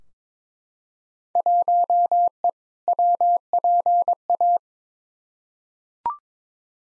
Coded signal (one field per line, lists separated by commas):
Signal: Morse code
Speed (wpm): 22 wpm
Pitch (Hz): 700 Hz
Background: none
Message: 1E WPA